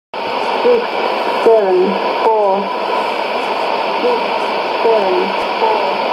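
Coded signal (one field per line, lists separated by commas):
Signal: numbers station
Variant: E17z English Lady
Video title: 01 06 2017 Numbers station E17z English Lady in English to Eu 0800 on 16780 in CUSB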